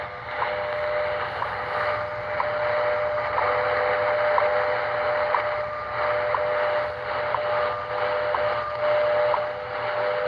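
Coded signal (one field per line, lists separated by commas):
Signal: radio time signal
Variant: WWV and WWVH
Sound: steady low audio tone with short ticks once per second under heavy hiss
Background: radio static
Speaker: oh we are getting both of them on 15 both Hawaii and Colorado [Applause] coordinated universal time [Applause] WWV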